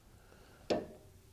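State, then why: Seated. An outer tie rod end on a Chevy truck's front suspension is turned counterclockwise on the inner tie rod until its threads drop into alignment with one sharp snap at 0.7 s, standing out against a quiet background. The snap shows the thread is seated in its start position and not cross-threading, ready to be turned 19 turns in.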